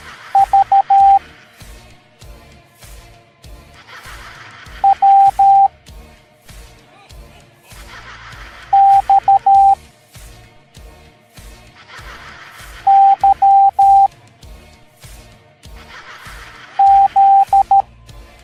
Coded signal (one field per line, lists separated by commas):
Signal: Morse code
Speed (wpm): 13 wpm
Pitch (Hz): 790 Hz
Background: music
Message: V W X Y Z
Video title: Morse Code Alphabet Halloween Skeleton Parade